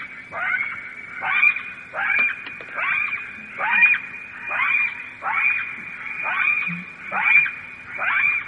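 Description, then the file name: Jackal yelping in a rapid, fairly steady series, about one cry per second, each cry sliding down into a continuous high wail. "zvuki shakala"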